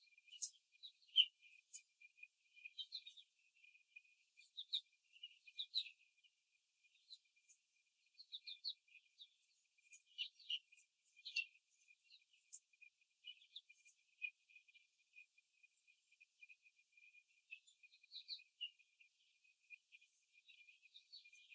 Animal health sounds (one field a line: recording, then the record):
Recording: young laying hens in a cage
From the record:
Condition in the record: before the stressor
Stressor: simulated dog barking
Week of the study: 3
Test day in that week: 2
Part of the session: 2